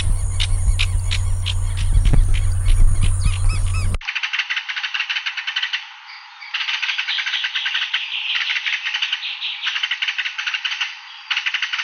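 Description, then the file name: Green-and-rufous kingfisher giving fast rattling series of dry ticks in bursts separated by brief pauses, after an opening stretch of broad hiss with a low hum and sharp clicks. "Canto do martim pescador da mata"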